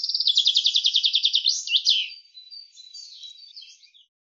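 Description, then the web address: Common chaffinch song caught mid-phrase: a brisk repeated trill ending in a sharp flourish, then quieter broken twittering notes trailing off. "Deverinetal 2025 File cleaned normalized Bird Fr Co"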